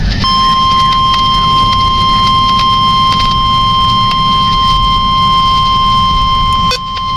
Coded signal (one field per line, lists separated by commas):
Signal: Emergency Alert System (SAME) tones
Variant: 1050 Hz attention tone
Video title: EAS #23 - Severe Thunderstorm Warning (7-12-17)